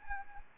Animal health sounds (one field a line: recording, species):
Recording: mosquito wingbeat signal from an infrared sensor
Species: Anopheles arabiensis